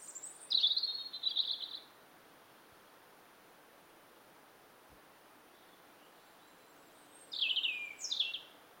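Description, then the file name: European robin singing two short phrases mixing thin very high notes with a quick, rich warble, separated by about five seconds of quiet, faint background hiss. "Erithacus rubecula"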